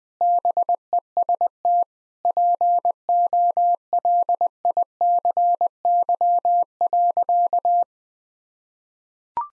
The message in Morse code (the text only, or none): BEST POLICY.